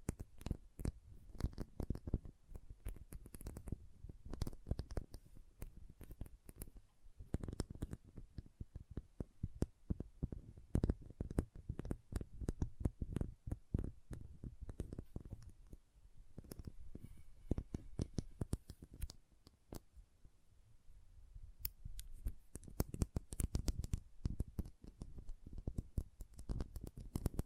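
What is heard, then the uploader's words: Magnetic tingles: a dense, restless stream of sharp clicks and snaps running the whole length, with no pause. Many taps carry a soft low thump beneath a crisp top, and the pace shifts, thinning briefly around the middle and near twenty seconds before crowding back in. ASMR Intense Magnetic Tingles (No Talking).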